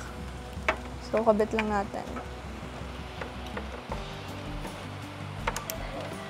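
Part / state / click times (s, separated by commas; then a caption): bulb wiring connector onto the car's headlight harness plug / seated / 5.7 s. A plastic bulb wiring connector with a lock tab at the back is pushed onto the headlight harness plug of the second headlight on an Innova being converted to LED. Someone talks briefly, then small plastic clicks and handling noises follow. The connector locks in place with a click at 5.7 s.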